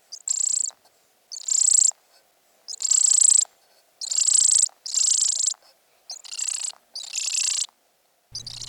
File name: bioakusztika 04 zoldike